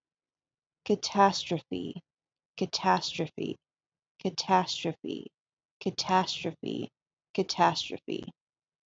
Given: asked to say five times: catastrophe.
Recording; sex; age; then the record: repeated word; female; 20 to 29 years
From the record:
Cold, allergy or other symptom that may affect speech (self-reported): no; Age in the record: 28 years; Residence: Texas, United States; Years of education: 13